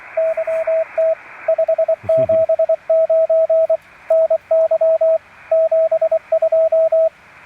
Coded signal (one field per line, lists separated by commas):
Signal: Morse code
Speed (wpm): 21 wpm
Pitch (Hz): 620 Hz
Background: radio noise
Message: YT 579 NY 72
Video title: One-Tenth of a Watt…and It Still Works! Morse Code and QRPp POTA at Fort Dobbs State Historic Site!